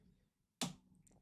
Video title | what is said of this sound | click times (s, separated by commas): Classy Protection!...Mous Limitless iPhone 17 Pro Review + Giveaway! | Snaps on there nice and securely, | 0.6 s